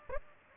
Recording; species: mosquito wingbeat signal from an infrared sensor; Aedes aegypti